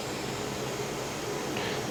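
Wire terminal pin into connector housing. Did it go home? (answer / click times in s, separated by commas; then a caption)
no / none. The yellow wire's terminal pin is pushed again into a connector housing while installing latch lights on a 2024 Harley-Davidson Road Glide. Only a steady broadband hiss is heard, with no sharp transient. The pin does not click and does not go in; nothing has seated or clicked yet.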